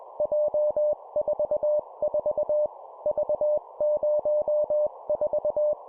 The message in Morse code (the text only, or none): J44 V04